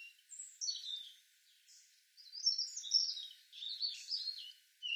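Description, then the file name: European robin song: several short phrases of high, varied twittering and trilled notes with brief gaps between them, fairly soft throughout. "Erithacus rubecula"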